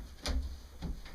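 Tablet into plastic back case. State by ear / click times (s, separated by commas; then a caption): seated / 0.3 s. An iPad 2 tablet is pressed into a cheap plastic shell back case bought online for about five dollars with shipping. A sharp snap is heard at 0.3 s, followed by a softer knock at about 0.8 s. The tablet snaps into the case and is seated.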